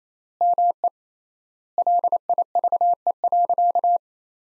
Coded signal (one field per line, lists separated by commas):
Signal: Morse code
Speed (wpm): 28 wpm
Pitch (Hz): 700 Hz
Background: none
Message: ME LIVE.